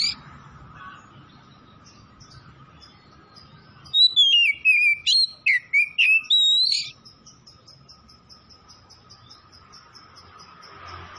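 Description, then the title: Oriental magpie-robin bursting into a rapid string of clear, varied whistled notes for about three seconds, with quiet before and after. Tretes, singing vigorously (gacor). "Kacer Tretes"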